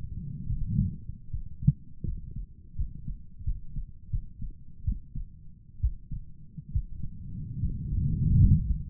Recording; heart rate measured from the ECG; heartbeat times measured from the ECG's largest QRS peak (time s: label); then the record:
heart sounds by stethoscope; 76 bpm
0.46 s: heartbeat
1.30 s: heartbeat
2.04 s: heartbeat
2.76 s: heartbeat
3.44 s: heartbeat
4.10 s: heartbeat
4.84 s: heartbeat
5.80 s: heartbeat
6.72 s: heartbeat
7.60 s: heartbeat
8.39 s: heartbeat
From the record:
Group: healthy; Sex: male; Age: 35 years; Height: 178 cm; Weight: 64 kg